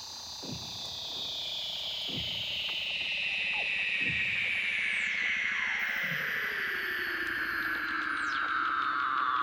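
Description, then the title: Weddell seal call: a loud, continuous whistle descending slowly throughout, with separate downward swoops and a few low knocking sounds. Recorded underwater. "Douglas Quin - Weddell Seals (Underwater)"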